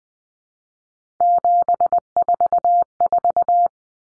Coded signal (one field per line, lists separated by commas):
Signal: Morse code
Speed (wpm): 20 wpm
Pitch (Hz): 700 Hz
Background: none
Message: 744